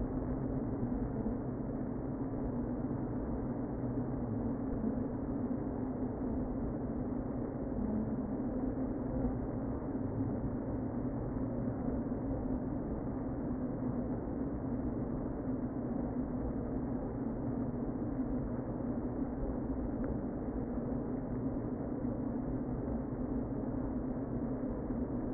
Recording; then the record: honeybee colony, microphone inside the hive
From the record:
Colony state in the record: queen present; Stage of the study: before two queens were removed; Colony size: about 60,000 bees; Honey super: yes